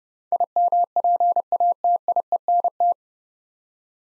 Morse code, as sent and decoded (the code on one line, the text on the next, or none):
.. -- .--. .- - .. . -. -
IMPATIENT